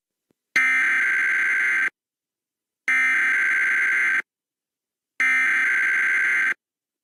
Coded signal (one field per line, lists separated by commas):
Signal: Emergency Alert System (SAME) tones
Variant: header bursts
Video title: KOPB 10.3 Monthly EAS Test May 2019